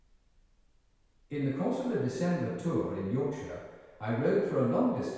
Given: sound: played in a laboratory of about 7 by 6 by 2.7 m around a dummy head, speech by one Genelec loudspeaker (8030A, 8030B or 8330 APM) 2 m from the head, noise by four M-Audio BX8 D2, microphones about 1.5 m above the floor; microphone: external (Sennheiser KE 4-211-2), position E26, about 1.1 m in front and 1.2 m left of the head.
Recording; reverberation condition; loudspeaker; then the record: male speech in English; high; 60 degrees to the right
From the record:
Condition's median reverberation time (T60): about 1300 ms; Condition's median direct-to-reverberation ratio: about -4.0 dB